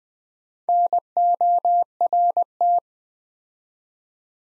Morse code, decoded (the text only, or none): NORT